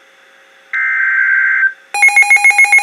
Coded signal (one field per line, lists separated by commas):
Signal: Emergency Alert System (SAME) tones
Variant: header bursts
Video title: Severe Thunderstorm Warning (EAS #2,000!) - April 13, 2019